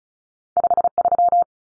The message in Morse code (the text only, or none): 53